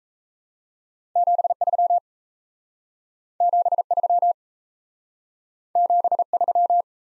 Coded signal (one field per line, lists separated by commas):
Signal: Morse code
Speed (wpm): 37 wpm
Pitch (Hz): 700 Hz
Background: none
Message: 73 73 73